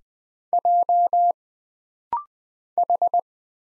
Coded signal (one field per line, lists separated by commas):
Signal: Morse code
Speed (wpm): 20 wpm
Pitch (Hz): 700 Hz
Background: none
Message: J H